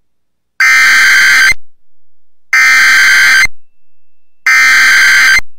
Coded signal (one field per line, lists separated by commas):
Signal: Emergency Alert System (SAME) tones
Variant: header bursts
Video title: THE BIG EASY AIN'T SO EASY HERE... | EAS Alerts from 12/14/2022 (EAS #1580-1623)